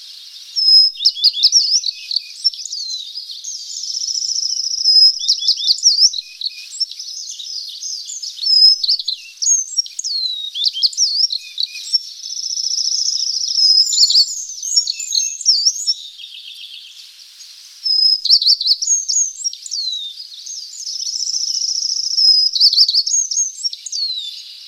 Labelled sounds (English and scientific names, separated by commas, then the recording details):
Tristram's Bunting (Emberiza tristrami) song
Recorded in the wild
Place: Tormasu (Umgebung), RU
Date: 1994-06-04
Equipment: Dat-Recorder Casio DA 7, Telinga DAT, Telinga-Parabolspiegel
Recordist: Schwarz, Dieter